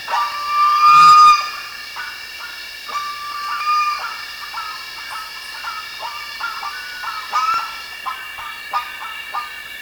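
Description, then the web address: Bird calls, a loud burst at the start followed by spaced short clipped notes. "BIRD 2015 SABIOD"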